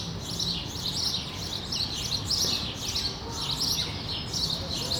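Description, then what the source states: Sparrows chirping insistently in a dense stream of overlapping chirps, with low rumble beneath. Sparrows recorded on Rue de l'épargne, Brussels, Belgium, on World Sparrow Day; Lom mikroUši AB microphones into a Deity PR-2 recorder.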